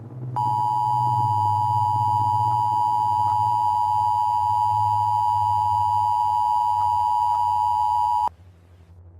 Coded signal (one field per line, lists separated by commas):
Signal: Emergency Alert System (SAME) tones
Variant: 853 and 960 Hz attention tone